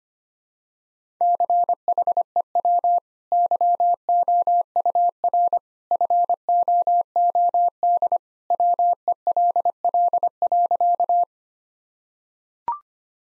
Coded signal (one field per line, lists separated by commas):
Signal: Morse code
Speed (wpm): 25 wpm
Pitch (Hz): 700 Hz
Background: none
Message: CHEW YOUR FOOD WELL.